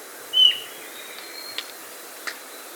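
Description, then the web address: Ochre-breasted antpitta: a single brief, clear whistle near the start, followed by quiet background hiss and two faint clicks. Andes, South America. "S America Andean Birds. Ochre-Breasted Antpitta (Grallaricula Flavirostris)"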